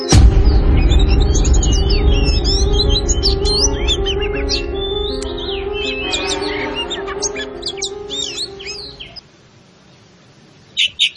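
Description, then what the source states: Greater green leafbird singing a rich, varied stream of whistles, chirps and slurred notes over a steady low hum, stopping near nine seconds before two brief final notes. In full song, described as gacor.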